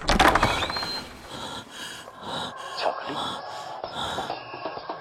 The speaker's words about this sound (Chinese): 他扶住门框剧烈地喘息着，兴许是跑得厉害，两腿刚一停下就在打颤。